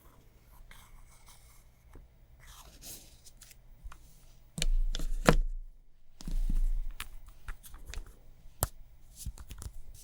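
Makeup ASMR triggers: soft scratching and light tapping on hard surfaces, with scattered sharp clicks. Quiet for the first four seconds, then a louder burst of rubbing and knocks near the five-second mark, another around six to seven seconds, and a crisp tap near eight and a half.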